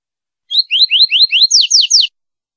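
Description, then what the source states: Double-collared seedeater song, short phrase of five upslurred chirps followed by three sharper descending notes, delivered briskly in under two seconds. Female.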